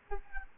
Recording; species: mosquito wingbeat signal from an infrared sensor; Aedes albopictus